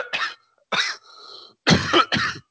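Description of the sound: Four short, harsh coughs in two pairs over about two and a half seconds, with a brief pause and a faint tonal hum between them. An adult man's cough bout while he is unwell and his voice is strained.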